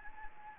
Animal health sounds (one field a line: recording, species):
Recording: mosquito wingbeat signal from an infrared sensor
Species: Anopheles gambiae